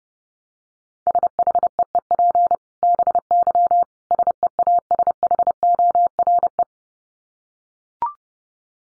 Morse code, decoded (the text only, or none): SHEEP BY SEASHORE